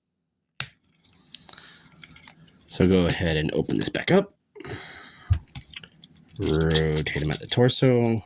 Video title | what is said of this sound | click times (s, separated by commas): transformers Legacy Armada Universe Megatron | This is pegged onto here by that clip, and there's a slot there, and you'll hear it snap. | 0.6 s